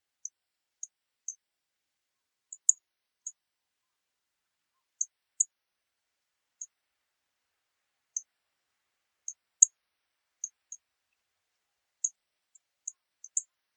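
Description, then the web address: Rustic bunting calls: short, sharp, high ticks given singly or in quick pairs at irregular intervals, with a silent background. "kashiradaka"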